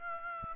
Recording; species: mosquito wingbeat signal from an infrared sensor; Aedes aegypti